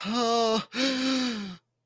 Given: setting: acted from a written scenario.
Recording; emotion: vocal sound without words; distress